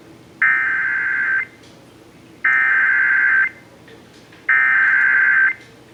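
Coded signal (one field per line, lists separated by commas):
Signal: Emergency Alert System (SAME) tones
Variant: header bursts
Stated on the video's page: Flash Flood Warning relayed over FM broadcast station.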